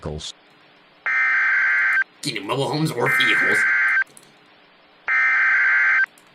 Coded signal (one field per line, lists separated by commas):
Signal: Emergency Alert System (SAME) tones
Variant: header bursts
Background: speech